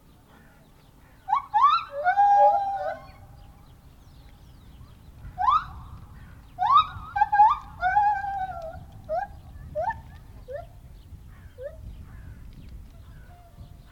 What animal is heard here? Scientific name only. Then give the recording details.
Hylobates lar. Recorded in captivity. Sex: pair. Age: adult. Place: Tierpark Berlin, Berlin, DE. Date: 1988-03-19. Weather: sonnig, -2 bis 3°C. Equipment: Nagra SN, Kopie Tesla B 116. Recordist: Tembrock, Günter